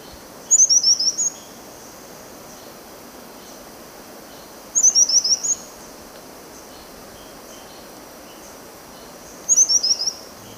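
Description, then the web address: White-winged tanager calling with a quick burst of several high, thin, descending notes, the phrase repeated about every four and a half seconds over steady background hiss. Recorded in Ecuador. "Birds of Ecuador. White-winged Tanager"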